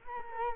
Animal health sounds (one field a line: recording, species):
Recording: mosquito wingbeat signal from an infrared sensor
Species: Culex quinquefasciatus